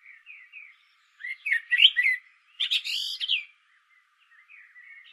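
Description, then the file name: Common blackbird song with two loud bursts of low whistled notes mixed with squeaky high twitters. Soft quiet warbles sound before and after. "Turdus merula"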